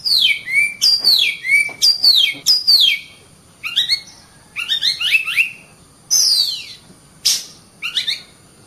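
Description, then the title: Oriental magpie-robin song of repeated descending slurred whistles, some paired, mixed with short upward chirps and scratchy notes, delivered in quick irregular bursts. "KACER"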